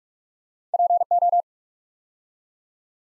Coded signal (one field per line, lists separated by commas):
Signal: Morse code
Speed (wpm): 44 wpm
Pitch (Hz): 700 Hz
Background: none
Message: PO